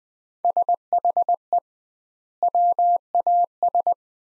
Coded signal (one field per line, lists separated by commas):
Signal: Morse code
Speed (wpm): 21 wpm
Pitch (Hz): 700 Hz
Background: none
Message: SHE WAS